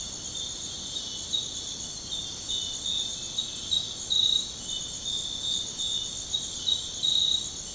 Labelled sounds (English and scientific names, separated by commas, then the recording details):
none
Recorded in secondary vegetation near Puerto Asís, Putumayo, Colombia, on 21 February 2024 at 03:00
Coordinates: 0.472, -76.331
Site G6371